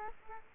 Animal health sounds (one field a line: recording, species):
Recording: mosquito wingbeat signal from an infrared sensor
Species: Culex quinquefasciatus